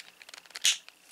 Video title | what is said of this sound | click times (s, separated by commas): Transformers Studio Series Optimus Prime 86 Movie Toy Review | lift up this tab and we press on it till it clicks | 0.7 s